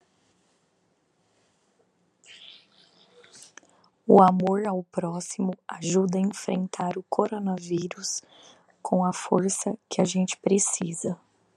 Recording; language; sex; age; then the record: spoken sentence; Brazilian Portuguese; female; 30 to 39 years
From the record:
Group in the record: control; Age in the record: 35 years